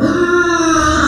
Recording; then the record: squeal of a Yucatan mini pig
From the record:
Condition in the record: after surgery on the right vocal fold (resection and tissue-engineered implant); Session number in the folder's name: 7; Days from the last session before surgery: 47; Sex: female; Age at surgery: 19 weeks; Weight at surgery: 25 kg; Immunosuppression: prednisolone